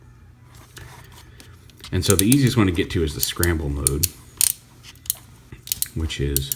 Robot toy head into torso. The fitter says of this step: and then push the head down until it clicks into place